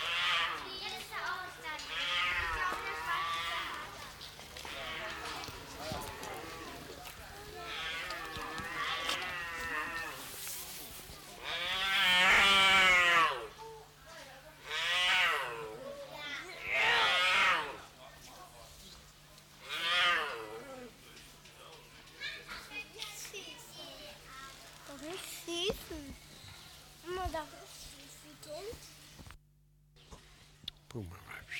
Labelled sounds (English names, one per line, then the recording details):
Puma
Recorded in captivity
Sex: pair
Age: adult
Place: Zoo Berlin, Berlin, DE
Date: 1995-02-25 12:28
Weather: wolkig, 3°C
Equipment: Marantz CP 430, Sennheiser ME 80, Kopie Uher Variocord 263
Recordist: Tembrock, Günter